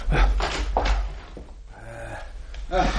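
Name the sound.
door being shut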